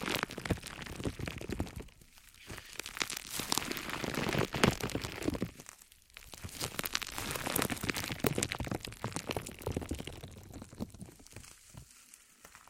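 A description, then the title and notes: Sounds inside the ears: dense crackling and crunching rustles, like crinkling, running continuously with brief quieter gaps near two and six seconds. ASMR Sleep Sounds Inside Your Ears! (No Talking).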